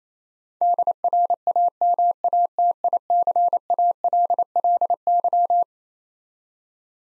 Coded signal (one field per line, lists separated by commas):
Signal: Morse code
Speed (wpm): 27 wpm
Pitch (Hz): 700 Hz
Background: none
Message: DRAMATICALLY